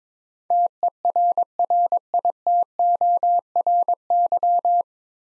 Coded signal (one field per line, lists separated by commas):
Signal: Morse code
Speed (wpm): 21 wpm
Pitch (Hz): 700 Hz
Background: none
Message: TERRITORY